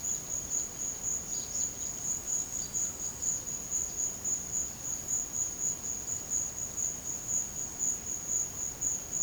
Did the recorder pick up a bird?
yes